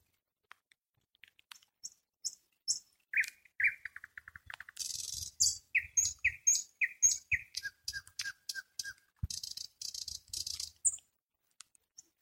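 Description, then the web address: Nightingale starting with thin high notes, then a series of repeated lower notes, loud harsh buzzy bursts, and a run of clear notes before the song fades. "spiew slowika slowik wiejski"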